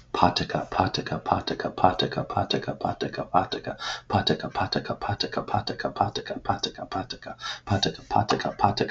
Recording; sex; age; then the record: repeated syllables /pa ta ka/; male; 40 to 49 years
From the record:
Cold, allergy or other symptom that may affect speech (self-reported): no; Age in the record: 40 years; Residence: Michigan, United States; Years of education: 18